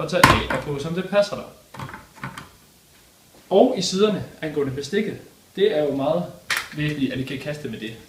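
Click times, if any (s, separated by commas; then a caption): 2.2 s, 2.4 s. A child's plastic plate or cup is clicked onto the mount on the underside of a baby feeding tray, with someone talking before and after. Two short, sharp clicks sound at 2.2 s and 2.4 s as it seats in place.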